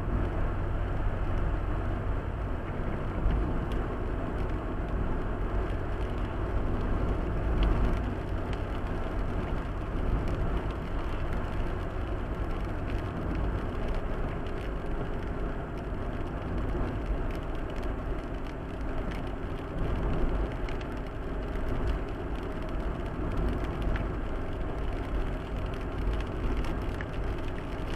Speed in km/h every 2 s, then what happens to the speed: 69, 69, 69, 69, 69, 70, 70, 69, 68, 68, 68, 68, 68, 68.
0-28 steady at about 69.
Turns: none.